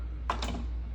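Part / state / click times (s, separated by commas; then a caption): microwave door latch hooks into the door interlock/latch assembly / not seated / none. A Samsung microwave door is swung shut, giving a sharp knock at 0.3 s and a softer rattle at 0.4 s over a steady low hum. The door latch does not hook into the door interlock/latch assembly, so nothing has clicked or engaged, and the door is not closing properly.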